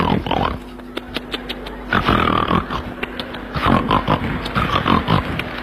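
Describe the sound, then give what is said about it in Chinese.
A voice imitates snoring that sounds like a pig: a run of loud, rough snorts and grunts in uneven bursts, with a nasal, squealing edge on some breaths. “不是，您等会儿 啊， 这是人打呼噜吗？”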